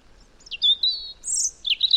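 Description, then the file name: European robin singing, with a sharp high note, a drawn-out thin whistle, a short very high burst, and a final tumbling warbled flourish. "Erithacus rubecula"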